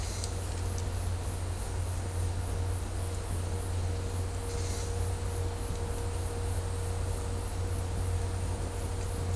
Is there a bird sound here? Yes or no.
no